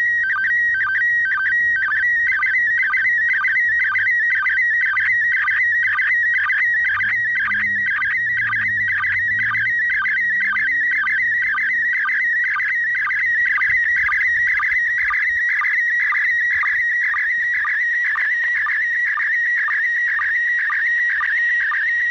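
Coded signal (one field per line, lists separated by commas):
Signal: SSTV (slow-scan television)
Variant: PD120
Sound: continuous warbling tone between 1.5 and 2.3 kHz with regular short low blips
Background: faint radio noise, low rumble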